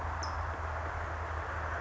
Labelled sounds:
California Towhee (Melozone crissalis)
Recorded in Sonoma County, California

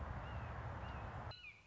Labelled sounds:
Red-shouldered Hawk (Buteo lineatus)
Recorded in Sonoma County, California

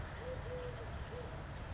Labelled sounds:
Eurasian Collared Dove (Streptopelia decaocto)
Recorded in Sonoma County, California

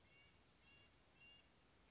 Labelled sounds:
Western Flycatcher (Empidonax difficilis)
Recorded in Sonoma County, California

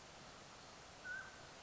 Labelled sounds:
Mountain Quail (Oreortyx pictus)
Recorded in Sonoma County, California

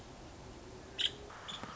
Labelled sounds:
Nuttall's Woodpecker (Dryobates nuttallii)
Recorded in Sonoma County, California

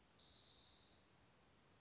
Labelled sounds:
Western Flycatcher (Empidonax difficilis)
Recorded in Sonoma County, California

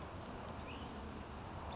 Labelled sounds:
Cassin's Vireo (Vireo cassinii)
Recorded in Sonoma County, California

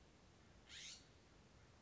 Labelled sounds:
California Scrub-Jay (Aphelocoma californica)
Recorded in Sonoma County, California

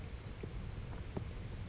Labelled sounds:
Orange-crowned Warbler (Leiothlypis celata)
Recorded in Sonoma County, California

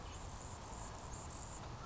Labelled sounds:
Anna's Hummingbird (Calypte anna)
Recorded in Sonoma County, California

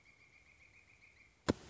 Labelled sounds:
Pileated Woodpecker (Dryocopus pileatus)
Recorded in Sonoma County, California

